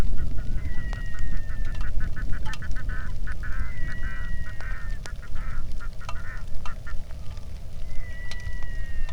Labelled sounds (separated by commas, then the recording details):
waterfowl, wind, rain
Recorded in the Arctic National Wildlife Refuge, Alaska, on 3 August 2019 at 09:30
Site 46